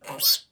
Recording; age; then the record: pig call; piglet (1 to 25 days)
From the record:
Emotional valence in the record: negative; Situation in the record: restrain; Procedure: back test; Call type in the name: high-frequency call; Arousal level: low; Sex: male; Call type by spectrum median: high-frequency call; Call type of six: mixed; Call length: 0.52 s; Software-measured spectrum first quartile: 4673 Hz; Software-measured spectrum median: 6689 Hz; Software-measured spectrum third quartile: 12352 Hz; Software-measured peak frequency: 5109 Hz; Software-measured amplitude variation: 200 dB a second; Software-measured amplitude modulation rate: 6.8 a second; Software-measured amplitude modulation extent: 29.6 dB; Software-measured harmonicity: 5.8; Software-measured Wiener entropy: -2.74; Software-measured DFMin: 528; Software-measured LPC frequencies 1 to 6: 875, 3559, 4440, 5111, 5611, 6479 Hz